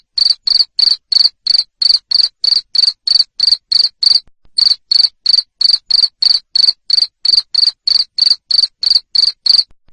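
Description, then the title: Cricket chirping: loud, high, even pulses about three per second, with one brief gap near the middle; nothing else audible. Loud cricket chirping (jangkrik ngerik) played to stimulate lovebirds to sing continuously (ngekek). "Suara JANGKRIK NGERIK Keras Bikin LOVEBIRD Jadi NGEKEK Terus Vubey"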